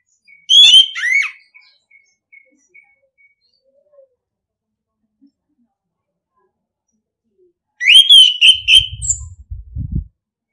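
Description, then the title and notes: Orange-headed thrush sings a loud twisting whistled phrase, falls quiet for several seconds, then delivers a rapid run of repeated bright notes, followed by low thumping sounds. Masteran (training) song in the ngeplong style. "ANIS KEMBANG NGEPLONG. Masteran Anis Kembang"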